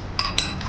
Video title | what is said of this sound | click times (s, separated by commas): Sniper155r Change Coolant HD | Ito, na lock na. | 0.2 s, 0.4 s